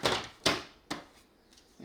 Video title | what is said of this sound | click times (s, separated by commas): Kenmore BC7005 Pet Friendly Crossover Bagged HEPA Canister Vacuum Cleaner | it snaps right in there | 0.5 s